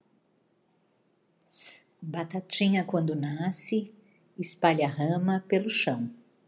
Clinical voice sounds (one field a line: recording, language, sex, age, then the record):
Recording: short text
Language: Brazilian Portuguese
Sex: female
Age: 50 to 59 years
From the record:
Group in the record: control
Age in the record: 57 years